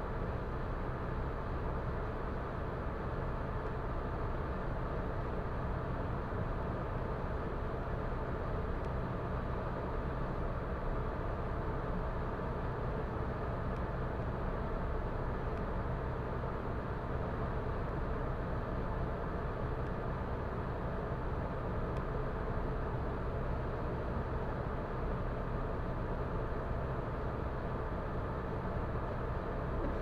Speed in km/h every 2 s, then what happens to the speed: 115, 115, 115, 114, 114, 114, 114, 114, 114, 115, 115, 115, 115, 115, 115.
0-30 steady at about 115.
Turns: none.